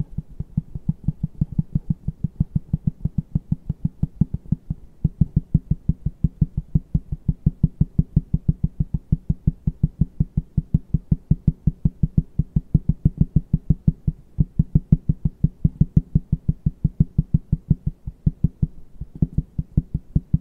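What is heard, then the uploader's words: Fast, aggressive tapping runs without pause for the whole stretch, a dense, even stream of sharp knocks several per second. The taps are low and dull, thudding rather than bright, with nothing else heard behind them. ASMR TAPPING NO TALKING, ASMR TAPPING FAST, ASMR TAPPING AGRESSIVE, ASMR TAPPING AROUND.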